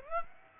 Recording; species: mosquito wingbeat signal from an infrared sensor; Aedes aegypti